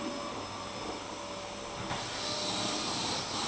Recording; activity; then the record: daily activity, microphone in the room; vacuum cleaning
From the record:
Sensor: 1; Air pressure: 1010.2 hPa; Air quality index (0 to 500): 173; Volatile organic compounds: 13 ppm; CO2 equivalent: 2381 ppm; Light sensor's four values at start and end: 49/128/53/66 and 49/127/52/66